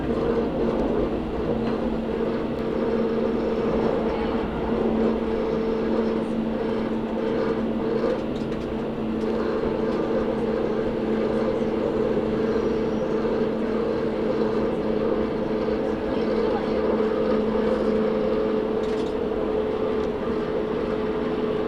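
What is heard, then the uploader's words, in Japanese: A train rides the Karatsu and Nagasaki Main lines with a steady low engine drone and hum, plus faint scattered clicks and rattles throughout. 唐津線・長崎本線 佐賀→久保田→肥前山口。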